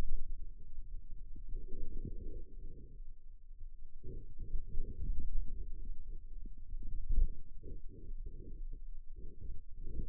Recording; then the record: forearm muscle sounds (acoustic myography)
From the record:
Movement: outward rotation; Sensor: system 2, bracelet of six BSWA MPA416 microphones around the upper forearm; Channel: 6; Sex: male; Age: 22 years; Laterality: right